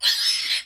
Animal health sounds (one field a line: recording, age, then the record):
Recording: pig call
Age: piglet (1 to 25 days)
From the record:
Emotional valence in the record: negative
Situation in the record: castration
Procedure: castration, fixation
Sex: male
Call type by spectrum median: high-frequency call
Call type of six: high-frequency stable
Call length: 0.66 s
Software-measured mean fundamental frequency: 122 Hz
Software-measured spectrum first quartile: 3453 Hz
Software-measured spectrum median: 4316 Hz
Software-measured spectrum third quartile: 5394 Hz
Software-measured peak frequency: 5269 Hz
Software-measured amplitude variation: 120 dB a second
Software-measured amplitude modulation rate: 14.5 a second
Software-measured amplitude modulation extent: 8.3 dB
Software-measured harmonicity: 2.4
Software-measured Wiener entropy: -2.20